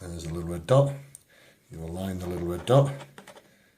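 Someone talks while lining up the little red dot on the shockwave head or foot plate cable plug with its socket on an Enraf Nonius 811 shockwave therapy unit, ready to push it in. A brief faint handling tap comes near 3.3 s, but the plug has not seated or clicked into place yet.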